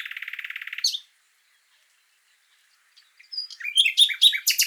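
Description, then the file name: Common nightingale song: a fast rattling trill that stops abruptly, nearly two seconds of silence, then a burst of varied sharp chirps and rapid notes. "Luscinia megarhynchos"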